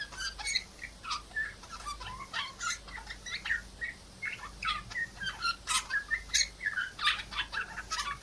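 P. cineracea chattering: dense, continuous jumble of short squeaky and harsh notes overlapping throughout.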